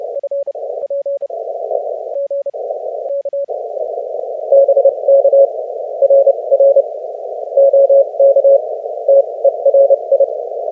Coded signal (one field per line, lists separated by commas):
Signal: Morse code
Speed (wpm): 32 wpm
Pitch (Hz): 560 Hz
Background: none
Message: FPEG K BK RR OK TERI